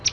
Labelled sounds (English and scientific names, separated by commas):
Palm Warbler (Setophaga palmarum) flight call